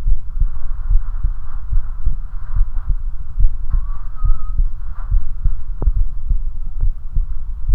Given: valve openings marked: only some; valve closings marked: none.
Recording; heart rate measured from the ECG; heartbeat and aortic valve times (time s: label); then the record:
heart sounds by stethoscope; 71 bpm
0.09 s: heartbeat (ECG mark)
0.16 s: aortic valve opens (echo mark)
0.92 s: heartbeat (ECG mark)
0.99 s: aortic valve opens (echo mark)
1.74 s: heartbeat (ECG mark)
1.81 s: aortic valve opens (echo mark)
2.58 s: heartbeat (ECG mark)
2.65 s: aortic valve opens (echo mark)
3.42 s: heartbeat (ECG mark)
3.48 s: aortic valve opens (echo mark)
4.27 s: heartbeat (ECG mark)
4.33 s: aortic valve opens (echo mark)
5.13 s: heartbeat (ECG mark)
5.20 s: aortic valve opens (echo mark)
5.98 s: heartbeat (ECG mark)
6.05 s: aortic valve opens (echo mark)
6.85 s: heartbeat (ECG mark)
7.71 s: heartbeat (ECG mark)
From the record:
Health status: healthy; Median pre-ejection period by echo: 68 ms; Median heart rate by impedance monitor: 71 bpm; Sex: male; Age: 21 years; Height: 170 cm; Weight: 85 kg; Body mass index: 29.41